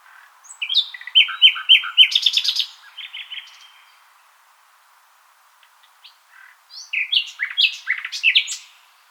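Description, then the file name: Common nightingale song with two bursts of rich, rapidly repeated notes and rattling trills, split by a quiet gap with a few faint notes. "Luscinia megarhynchos"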